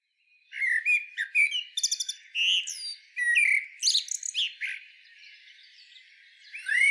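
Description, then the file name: Common blackbird song: low fluted warbling phrases that break into high, squeaky twittering, in two bursts with a pause before a final fluty note. "Turdus merula"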